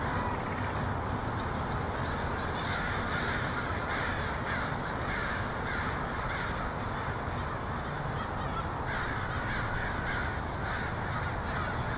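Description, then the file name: Crow chorus: countless harsh caws blend into a continuous roar. Portland, 23 October 2018. "pdx crows 2018-10-23"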